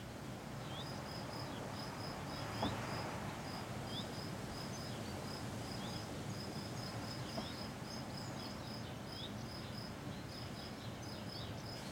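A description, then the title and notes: Cicadas chirr in rapid, regular pulses high above a steady rush of wind through pine, which fills the low and middle range without letup. The insect calls repeat densely across the whole stretch, and a brief gust swells near the three-second mark. Cicadas, pine and wind. Recorded in my garden on a day when the mistral wind was constant, blowing through a pine tree. A single cicada had been present, hiding in the garden all week. Recorded by Andy Cartwright.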